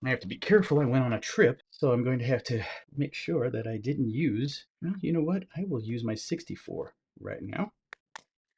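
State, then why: Seated. A 64 GB microSD card is pushed into the card slot of an action camera until it locks in place. Someone talks for most of the clip, then two sharp clicks are heard at 7.9 and 8.2 seconds as the card seats.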